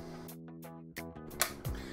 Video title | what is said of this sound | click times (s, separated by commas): FTT 221 - Week 3 - Ring Lapping | heard that click that was important so these are pretty safe right now | 1.4 s